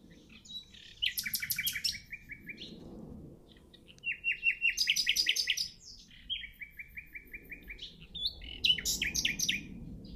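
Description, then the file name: Common nightingale song: several phrases of rapid repeated notes separated by short pauses, over a low background rumble. "Luscinia megarhynchos"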